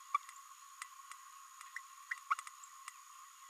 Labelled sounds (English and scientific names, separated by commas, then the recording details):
Green-rumped Parrotlet (Forpus passerinus) babbling
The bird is a female
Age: 29 days
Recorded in a nest box in Venezuela
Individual 17B32A5